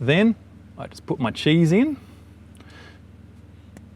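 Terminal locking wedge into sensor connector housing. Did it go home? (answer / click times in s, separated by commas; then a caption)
yes / 3.8 s. Someone talks, then pushes a plastic terminal locking wedge into a sensor connector housing during work on an R31 Skyline. A faint rustle is followed by a sharp, small click at 3.8 s as the wedge snaps home. A tug confirms it is seated.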